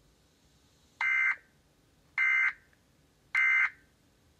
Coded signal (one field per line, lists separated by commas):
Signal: Emergency Alert System (SAME) tones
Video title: DAVID ERROR 3 EAS